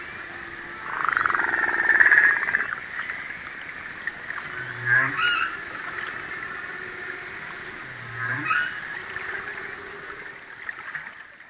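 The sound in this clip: Humpback whale song: low moaning units near the bottom of the range alternating with higher whooping and squealing upsweeps, separated by a few seconds of quieter hiss.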